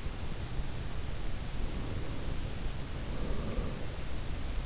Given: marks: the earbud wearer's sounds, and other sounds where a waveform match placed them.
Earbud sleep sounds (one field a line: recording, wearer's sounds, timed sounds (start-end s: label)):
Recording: sounds in sleep by an in-ear microphone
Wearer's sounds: breath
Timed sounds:
1.26-4.52 s: breath